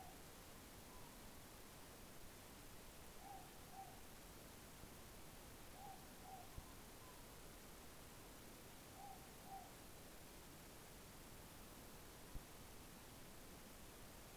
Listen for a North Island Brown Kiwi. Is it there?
no